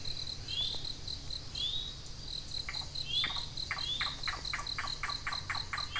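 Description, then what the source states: Yellow-billed Cuckoo call, a run of hollow clucking notes, with a steady high pulsing insect chorus throughout. Prehistoric-sounding call on a trail at the edge of IDNR land near Kincaid Lake, Southern Illinois, when these migrants are normally gone; possibly lingering because of an abundance of a loud insect.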